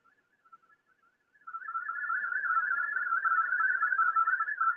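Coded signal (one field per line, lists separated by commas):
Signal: multi-tone FSK (Olivia or MFSK type)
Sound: warbling, rapidly hopping tones around 1.5 kHz, starting faintly then steady and louder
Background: radio static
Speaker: in fact he's on there right now I don't know if you can hear it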